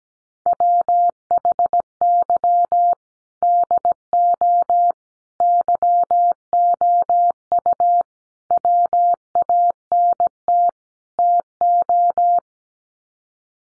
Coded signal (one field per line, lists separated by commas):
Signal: Morse code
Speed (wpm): 17 wpm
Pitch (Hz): 700 Hz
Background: none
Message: WHY DO YOU WANT TO